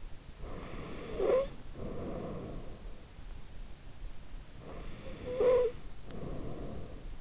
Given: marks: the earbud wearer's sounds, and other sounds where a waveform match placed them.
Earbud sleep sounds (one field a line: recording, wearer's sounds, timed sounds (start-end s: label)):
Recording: sounds in sleep by an in-ear microphone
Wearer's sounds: snoring breath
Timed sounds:
0.43-2.88 s: snoring breath
4.57-7.21 s: snoring breath